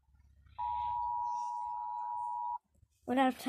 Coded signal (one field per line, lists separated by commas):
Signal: Emergency Alert System (SAME) tones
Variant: 853 and 960 Hz attention tone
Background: speech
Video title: Rating eas alarms!